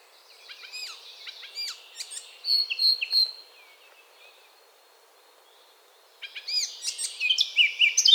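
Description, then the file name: Eurasian blackcap song in two bursts of varied twittering and whistled notes separated by a quiet gap of around three seconds, with a faint hiss behind. "Sylvia atricapilla"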